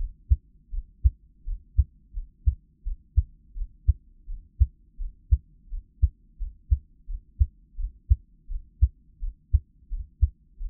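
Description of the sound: Regular low heartbeat thumps at about 85 beats a minute, heard close up, with no talking.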